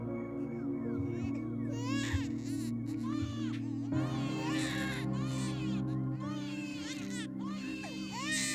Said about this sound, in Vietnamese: Rõ ràng là 2 tiếng trẻ con khóc chứ chẳng phải là 1.